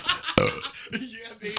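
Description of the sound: Brief talk gives way to a single short, croaky belch with a low rumble, then more chatter in a small room. A voluntary burp made on cue by an adult man, produced by swallowing air that then comes back up; doing it brings up gas and can make the stomach hurt.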